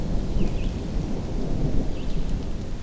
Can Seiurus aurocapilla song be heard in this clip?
no